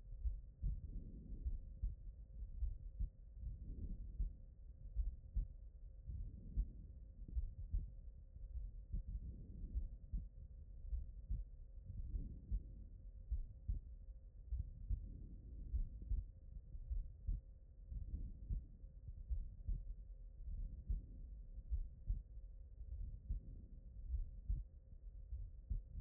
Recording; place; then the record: heart sounds by stethoscope; pulmonary valve (PV)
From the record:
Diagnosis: non-HFrEF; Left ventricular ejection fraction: 69%